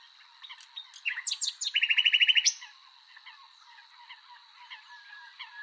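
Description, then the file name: Common nightingale song, a short phrase building into a fast run of repeated loud notes, then quieter scattered chirps over a steady high hum. "Luscinia megarhynchos"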